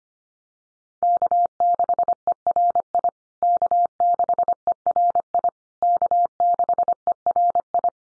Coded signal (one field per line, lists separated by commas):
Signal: Morse code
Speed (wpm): 25 wpm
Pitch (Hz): 700 Hz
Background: none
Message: K6ERI K6ERI K6ERI